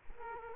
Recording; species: mosquito wingbeat signal from an infrared sensor; Culex quinquefasciatus